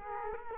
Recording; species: mosquito wingbeat signal from an infrared sensor; Culex quinquefasciatus